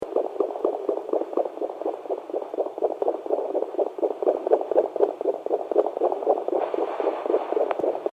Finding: Fetal Puppy Heartbeat.